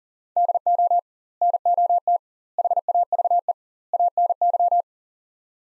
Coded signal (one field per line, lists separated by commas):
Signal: Morse code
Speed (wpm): 37 wpm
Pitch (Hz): 700 Hz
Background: none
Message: DO NOT HAVE ANY